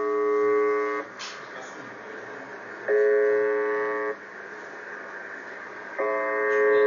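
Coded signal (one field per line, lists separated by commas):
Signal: numbers station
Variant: UVB-76 (The Buzzer)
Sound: three harsh, low buzzes, each about one second, repeating every three seconds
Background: radio static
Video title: UVB-76 @ HA5KDR/P (Budapest XII. Őzike u.)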